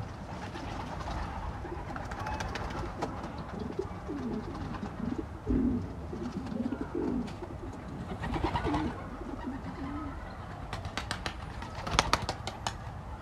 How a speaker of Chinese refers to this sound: 我和我当时听到的是一样的，所以说我有时候 我把那鸽子的叫声录下来了。